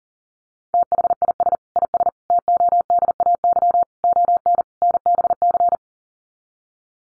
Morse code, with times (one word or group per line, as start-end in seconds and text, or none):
0.7-1.6 THIS
1.8-2.1 IS
2.3-3.8 TODAY
4.0-4.6 ON
4.8-5.8 NBC